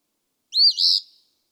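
Eastern phoebe song, one short phrase: a sharp rising note followed by a longer burry buzz.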